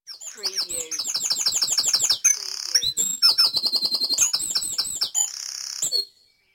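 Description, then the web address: Birds in a dawn chorus: rapid, high, repeated chirping notes in quick series, then a bright sustained trill, with short pauses between phrases. Dawn chorus at dawn in Mold, North Wales. "beanstalk-audio Dawn Chorus in Mold North Wales"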